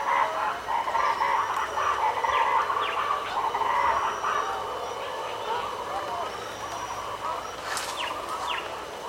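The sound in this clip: Wedge-capped capuchin calls: busy chattering through the first half, then quieter, with a continuous high insect tone, a few short falling whistles and a brief noisy rush near the end.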